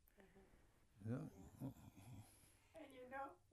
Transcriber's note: laughing